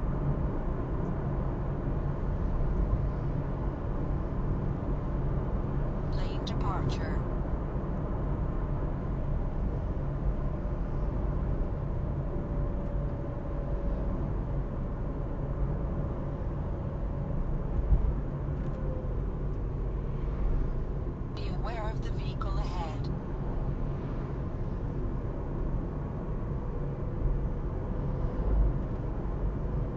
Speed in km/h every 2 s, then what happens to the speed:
61, 60, 61, 61, 62, 61, 59, 57, 57, 49, 41, 39, 39, 40, 41.
0-16 steady at about 61. 16-22 slows to 39. 22-30 steady at about 39.